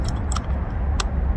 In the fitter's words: and then you hear it click in place. You know you're good.